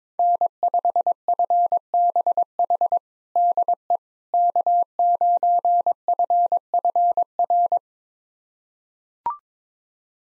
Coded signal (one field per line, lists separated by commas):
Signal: Morse code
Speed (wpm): 22 wpm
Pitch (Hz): 700 Hz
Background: none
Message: N5FBH DE K9FFR